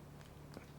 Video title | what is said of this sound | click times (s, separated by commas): Review : Card Phone - CM1 by SpecPhone.com | เข้าล็อคะอ่า | 0.5 s